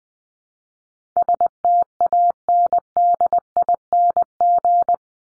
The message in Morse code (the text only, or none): STANDING